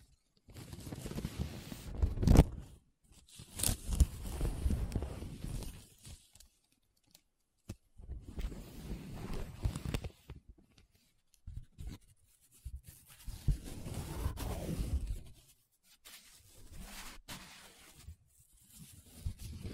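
Paper being rubbed and scratched in short bursts separated by brief silences. The strokes are rough and uneven, heaviest around 0.5–5 seconds and again near 14 seconds, with a few sharp clicks, like a pen tip catching, scattered throughout.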